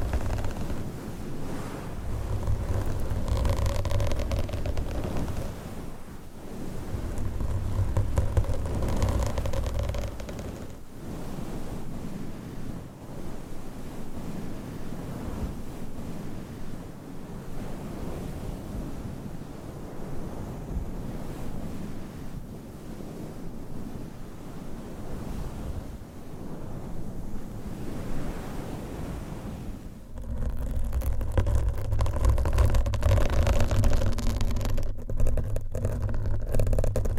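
Nails and covers scratch and rub against a microphone in a dense, continuous rasping hiss. Heavier, rumbling bouts come at the start, around seconds 7 to 10, and again from about 30 seconds on, where the scratching turns choppy and crackly.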